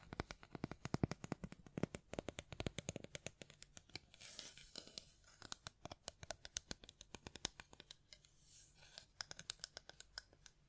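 Quick tapping and brushing against a microphone, made by hand, with sharp clicks that come in rapid, uneven bursts throughout. Around four to five seconds and again near eight seconds, the taps give way to a softer, hissy scratching. Then the clicking resumes, sparser toward the end.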